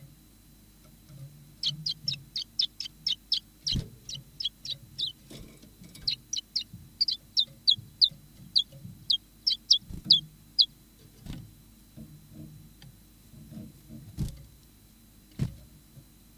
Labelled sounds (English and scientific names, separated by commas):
Common Chiffchaff (Phylloscopus collybita)